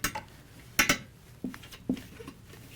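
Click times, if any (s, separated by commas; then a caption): 0.0 s, 0.8 s. A plastic ring's snap features are pushed down one by one into the pockets on the leading edge of the stator vanes of an HVAC blower. Sharp plastic snaps are heard at 0.0 s and 0.8 s, followed by several softer clicks. The ring snaps through the vanes and is seated.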